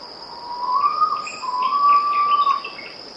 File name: erythropitta erythrogaster